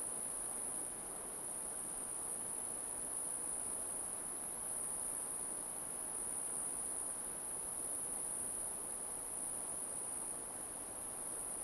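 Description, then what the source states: Crickets keep up an even, high-pitched hum without pause, layered over soft constant background hiss. Crickets in an alpine forest.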